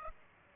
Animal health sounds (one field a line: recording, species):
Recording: mosquito wingbeat signal from an infrared sensor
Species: Aedes aegypti